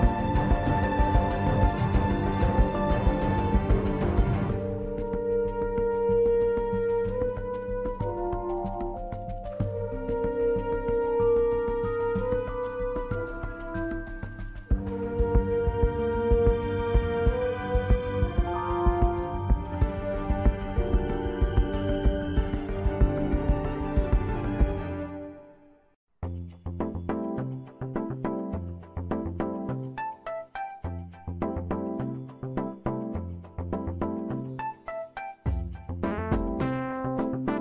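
A soundtrack piece opens with full, sustained chords over a deep low end, the harmony shifting roughly every five seconds. Around 25 seconds it fades out briefly, then returns as a sparser passage of short, repeated pulsing notes in a steady rhythm.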